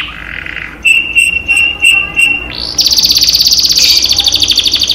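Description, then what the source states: Canary singing loudly, with a few clear repeated whistled notes and then a fast, buzzy high trill of rapidly repeated elements. Cage canary; training recording used as therapy to raise the bird's singing volume.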